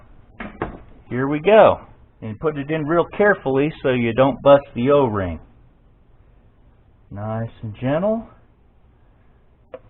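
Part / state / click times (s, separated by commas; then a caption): paper oil filter cartridge element into plastic filter housing cap / seated / 9.7 s. A new paper cartridge oil filter element for a Chrysler 300, Dodge Charger or Challenger 3.6 V-6 Pentastar is pressed gently into its plastic filter housing cap, taking care not to damage the O-ring. Someone talks through most of the clip, then after a quiet stretch a short, faint pop is heard at 9.7 s. The element seats in the housing cap.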